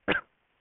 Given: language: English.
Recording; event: throat vibration sensor signal played as sound; cough